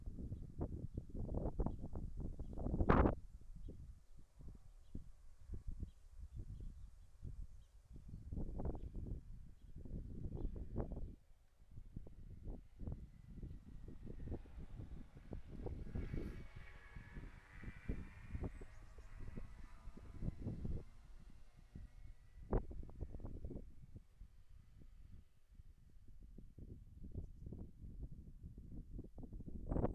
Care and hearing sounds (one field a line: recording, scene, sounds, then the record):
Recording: everyday scene through a hearing-aid microphone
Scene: wind on the microphone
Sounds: wind, vehicle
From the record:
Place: in front of a rural house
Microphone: behind the ear, right, rear